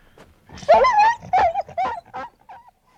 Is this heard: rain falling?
no